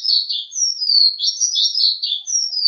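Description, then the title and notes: Bird song with continuous high, slurred warbling notes, some drawn-out whistles dropping in pitch; nothing else audible. Birdsong used for training (mastering) pet birds. "Suara Burung. Suara Kicauan Burung untuk memaster burung kesayangan"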